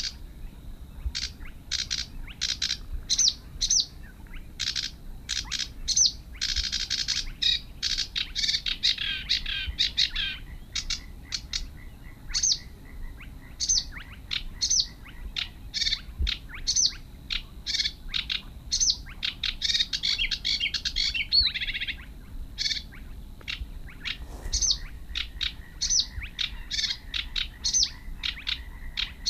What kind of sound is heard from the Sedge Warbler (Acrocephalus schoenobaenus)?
song